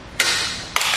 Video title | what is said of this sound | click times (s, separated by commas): etrailer - RockyMounts Hitch Bike Racks Review - 2013 Nissan Rogue | once again pulling on that handle and lifting up until it clicks | 0.8 s